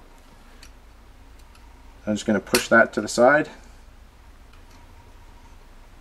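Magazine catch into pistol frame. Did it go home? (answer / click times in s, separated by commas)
no / none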